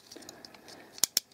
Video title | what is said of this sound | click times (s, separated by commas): Tansformers TFC TOYS - URANOS - Harrier aka Slingshot - FULL HD | Nicht jetzt erschrecken, dieses Knacken eben war das Kniegelenk. | 1.0 s, 1.2 s